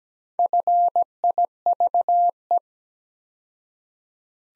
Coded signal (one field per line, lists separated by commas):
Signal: Morse code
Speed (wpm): 17 wpm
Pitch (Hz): 700 Hz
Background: none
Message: FIVE